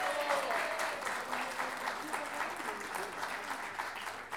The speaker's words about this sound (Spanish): Y por último, este gran aplauso es para ustedes mismos por estar acá.